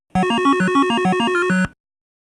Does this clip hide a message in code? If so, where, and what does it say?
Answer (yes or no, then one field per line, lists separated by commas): no